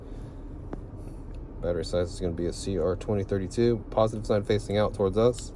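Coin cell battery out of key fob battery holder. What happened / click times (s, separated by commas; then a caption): The coin cell popped free of its holder / 0.7 s. A CR2032 coin cell battery is pried out of its holder in the plastic key fob of a 2022–2024 Acura MDX remote, making one small sharp click at 0.7 s as it comes free. Afterward, someone talks.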